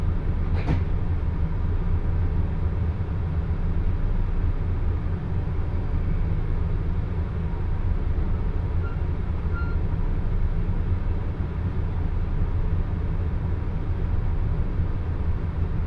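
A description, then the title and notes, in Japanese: A Joban Line local train runs with a steady, dense low rumble that holds an even level throughout. A sharp click comes just under a second in, and a couple of faint, thin tones briefly surface around the nine-second mark. 耳で楽しむ鉄道旅 常磐線普通 石岡→土浦→取手。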